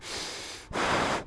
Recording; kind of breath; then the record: one breath in and out by a microphone near the nose and mouth; strong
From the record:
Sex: male